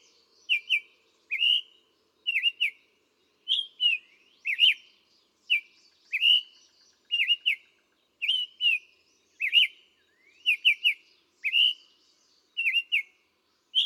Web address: songs Summer Tanager